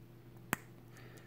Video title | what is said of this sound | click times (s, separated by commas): Robocop GI Joe scale | just pops right in. I'm sure you heard that pop. | 0.5 s